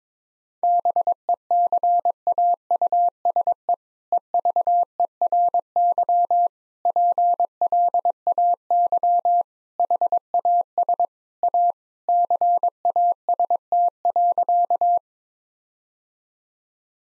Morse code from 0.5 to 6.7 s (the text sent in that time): BECAUSE EVERY